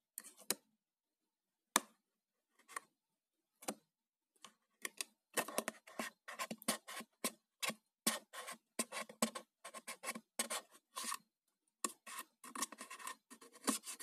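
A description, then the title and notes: Cardboard box handled in short, sharp scrapes and taps. The first few seconds bring sparse single knocks about a second apart, then from around five seconds the sounds crowd together into quick, dry rasping rubs and clatters that continue to the end. ASMR - Cardboard box sounds.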